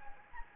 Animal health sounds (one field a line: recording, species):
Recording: mosquito wingbeat signal from an infrared sensor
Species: Anopheles gambiae